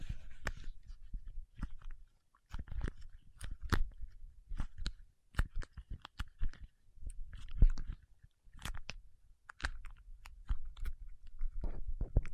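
Paraffin wax is peeled, tapped and scratched in a busy run of short, sharp clicks and crackles, many coming in quick clusters. Brief quiet gaps break the sequence near two and eight seconds, and a low rumble sits under the louder hits.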